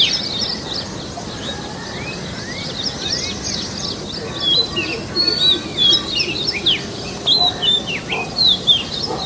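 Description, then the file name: Oriental magpie-robin song: varied clear whistles, slurred rising and falling notes and fast chatters, growing louder toward the end, over a steady background hiss. Forest magpie-robin ('kacer hutan'), in forest. "suara kacer hutan. omkicau"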